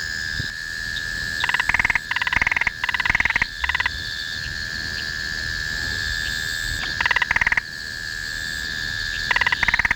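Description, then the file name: Spotted marsh frog repeating bursts of fast clicking pulses, several in a row and then more after pauses, over a steady high background drone. "Limnodynastes tasmaniensis"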